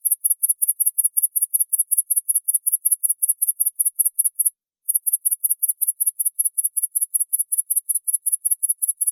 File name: grasshopper in neighbors s tree noise reducted